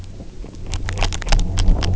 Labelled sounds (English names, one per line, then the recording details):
none
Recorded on Arctic tundra, site UTQI-0, on 29 June 2018
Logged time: 08:00